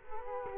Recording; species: mosquito wingbeat signal from an infrared sensor; Culex quinquefasciatus